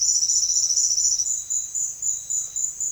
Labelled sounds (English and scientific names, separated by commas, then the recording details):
none
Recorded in secondary vegetation near Puerto Asís, Putumayo, Colombia, on 24 June 2025 at 16:00
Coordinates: 0.500, -76.326
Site GP08